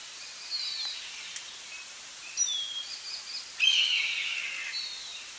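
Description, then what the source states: Bird calls, a few faint high notes and a downward-sweeping whistle, then a louder harsh, buzzy note, over steady background hiss. Recorded in northern Illinois.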